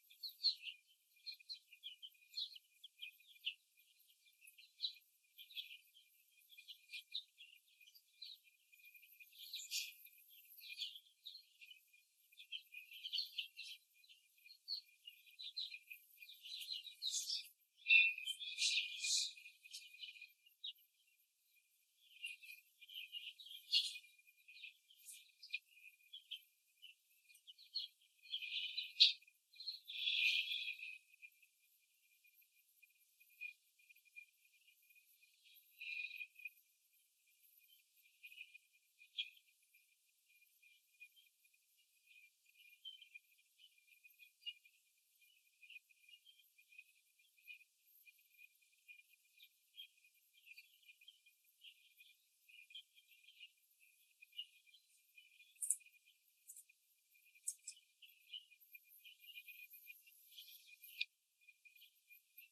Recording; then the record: young laying hens in a cage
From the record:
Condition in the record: before the stressor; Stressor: simulated dog barking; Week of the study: 2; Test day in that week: 3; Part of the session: 1